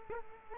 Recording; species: mosquito wingbeat signal from an infrared sensor; Culex quinquefasciatus